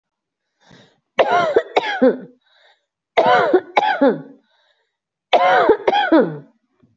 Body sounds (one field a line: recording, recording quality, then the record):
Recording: heavy voluntary cough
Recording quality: excellent, no background noise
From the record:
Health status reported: healthy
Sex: female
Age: 44 years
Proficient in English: yes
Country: India